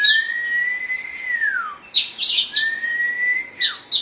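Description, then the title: Oriental magpie-robin: two long, pure whistles, each holding steady then sliding downward, separated by a short burst of harsh chatter. Chirping song (kicauan) of the bird. "Suara Kicauan Burung Kacer Durasi Panjang"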